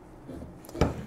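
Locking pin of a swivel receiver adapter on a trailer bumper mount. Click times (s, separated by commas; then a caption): 0.8 s. A turret-style Space Dock 2" swivel receiver adapter on a Torklift Palomino Landing Pad bumper mount is turned back around until its spring-loaded locking pin drops into the positioning hole. After some faint rubbing and a small tick near 0.7 s, a short metallic clunk at 0.8 s marks the pin snapping in, and the adapter is locked in place.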